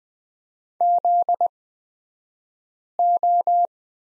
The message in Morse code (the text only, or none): ZO